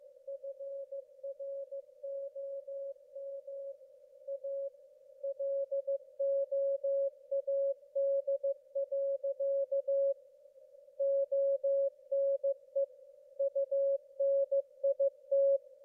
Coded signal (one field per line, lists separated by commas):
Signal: Morse code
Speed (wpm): 15 wpm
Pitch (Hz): 550 Hz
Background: none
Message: FROM A LOAD. ONE UNIT